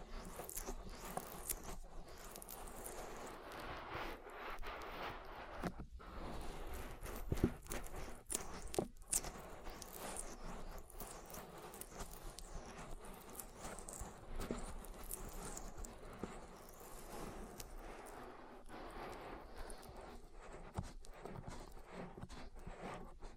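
Oil ear massage: a continuous wet, slippery rubbing with soft squelches and crackles that crowd closely together. The texture stays dense and fairly even throughout, with brief dips around 6 and 9 seconds and a few sharper pops near 7 seconds.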